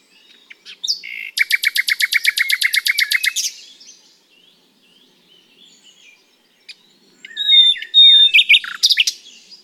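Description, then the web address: Common nightingale song: a brisk run of repeated notes for two seconds, a long near-silent pause, then sharp whistles and a clipped rattling phrase. "SETE data Luscinia megarhynchos"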